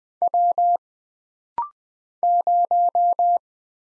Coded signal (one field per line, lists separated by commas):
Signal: Morse code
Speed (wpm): 20 wpm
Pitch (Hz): 700 Hz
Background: none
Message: W 0